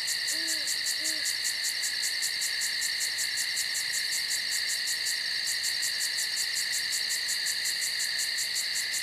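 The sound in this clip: Crickets chirping, a dense high pulsing trill running steadily throughout, with two short low hooting notes near the start.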